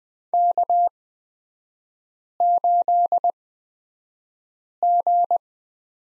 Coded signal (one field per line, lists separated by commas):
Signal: Morse code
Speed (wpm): 20 wpm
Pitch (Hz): 700 Hz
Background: none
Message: K8G